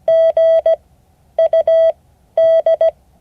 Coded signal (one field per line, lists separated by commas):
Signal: Morse code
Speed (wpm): 17 wpm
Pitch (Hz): 650 Hz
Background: none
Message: GUD